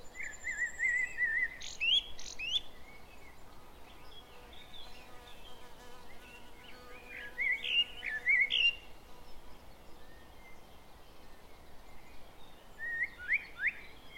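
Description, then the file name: Common blackbird song: fluted warbling phrases with squeaky twitters, heard three times with long pauses. "Turdus merula"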